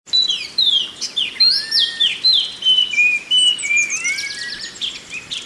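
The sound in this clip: Chinese hwamei giving loud, rich song with long sliding whistles, some rising and some falling, delivered in an almost continuous varied stream.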